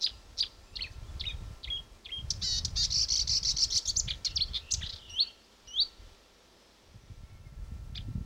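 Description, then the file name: Marsh warbler song of scattered high chirps and sharp notes, then a fast buzzy chattering stretch, more isolated notes after, with low rumbling background noise. Recorded at Fylingen. "myrsanger Fylingen Hjelmaas"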